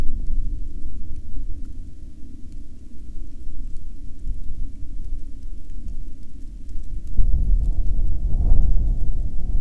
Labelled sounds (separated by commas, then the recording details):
wind, aircraft
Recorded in the Arctic National Wildlife Refuge, Alaska, on 30 July 2019 at 16:17
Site 39